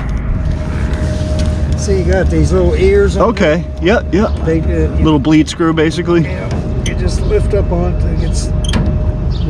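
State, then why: Seated. During an aircraft preflight, the fuel sump drain valve on an aircraft fuel tank, a small bleed screw, is lifted open with the tester and released while someone talks over a steady background hum. It snaps back closed with a sharp, short double click at 8.7 s and 8.7 s, and the valve is seated.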